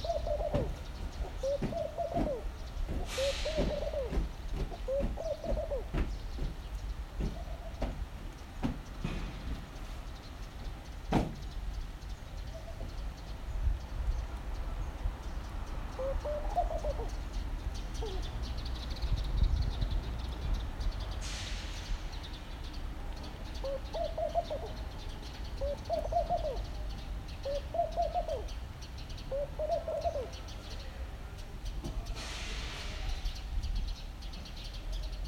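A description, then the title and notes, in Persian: A laughing dove repeats soft bubbling coo phrases in two bouts, early and late, over a steady low traffic rumble with occasional hissy bursts. قُمری خانگی. ساعت ۸ صبح.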